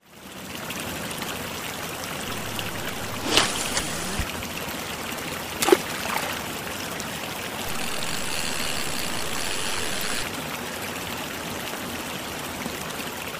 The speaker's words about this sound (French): Bah, j'ai l'impression d'entendre déjà comme une rivière avec quelque chose qui est lancé dans l'eau, je dirais un pêcheur. C'est ça, bruitage de pêche.